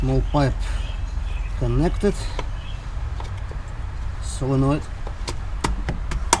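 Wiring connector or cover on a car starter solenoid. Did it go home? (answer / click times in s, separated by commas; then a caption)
yes / 6.3 s. A plastic connector or terminal cover on the starter solenoid wiring of a 987 Porsche Boxster S 3.2L is pressed back on during a starter replacement. Someone talks at first, then a series of sharp taps builds to a loud snap at 6.3 s as it seats in place.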